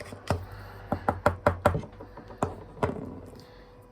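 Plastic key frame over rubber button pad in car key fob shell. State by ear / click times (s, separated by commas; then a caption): seated / 1.1 s, 1.3 s, 1.5 s, 1.7 s. A plastic key frame is pressed down over a new rubber button pad in the key fob shell of a Kia Picanto, Ceed, Rio or Sportage car key. A series of sharp plastic clicks is heard, with the frame clicking into place at 1.1, 1.3, 1.5 and 1.7 seconds, alongside a lighter tap at 0.3 seconds and another at 2.4 seconds. The frame is seated and holds the rubber pad tight.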